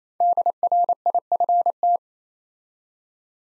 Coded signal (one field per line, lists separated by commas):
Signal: Morse code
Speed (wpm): 27 wpm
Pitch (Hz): 700 Hz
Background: none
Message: DRIFT